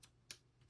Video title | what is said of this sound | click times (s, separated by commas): Nightfox prowl review and field use | And then you hear it click. | 0.3 s